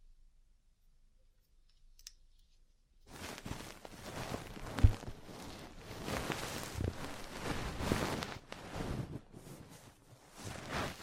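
Ear cleaning sounds begin after about three seconds of near silence, a dense rustling and scratching that swells and fades in waves. A sharp tap lands near five seconds, and faint clicks sit in the quiet opening.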